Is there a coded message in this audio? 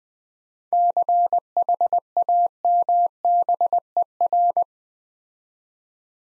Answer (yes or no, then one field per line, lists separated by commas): yes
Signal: Morse code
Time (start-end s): 0.7-4.6 s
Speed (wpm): 20 wpm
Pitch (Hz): 700 Hz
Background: none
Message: CHAMBER